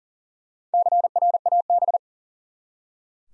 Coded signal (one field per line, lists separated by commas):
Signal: Morse code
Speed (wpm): 43 wpm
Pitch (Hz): 700 Hz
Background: none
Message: CRAB